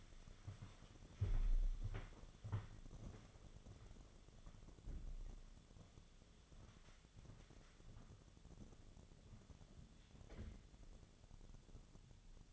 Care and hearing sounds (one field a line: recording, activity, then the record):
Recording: daily activity, microphone in the room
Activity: walk to room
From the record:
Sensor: 4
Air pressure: 1000.8 hPa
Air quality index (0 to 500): 120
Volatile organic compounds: 1 ppm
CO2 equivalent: 908 ppm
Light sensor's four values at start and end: 59/145/61/67 and 59/147/62/68